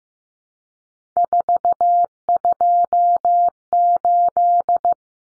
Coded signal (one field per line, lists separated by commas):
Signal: Morse code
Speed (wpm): 15 wpm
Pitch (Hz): 700 Hz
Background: none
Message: 428